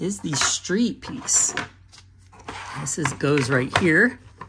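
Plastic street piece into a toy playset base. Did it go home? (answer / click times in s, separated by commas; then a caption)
no / none. A plastic street piece from a 2024 Matchbox Action Drivers Matchbox Farm Adventure Playset is handled and positioned over its slot on the farm playset base while someone talks. Soft plastic handling noises sit under the speech, with a brief tap near the end. Nothing has seated or clicked into place yet.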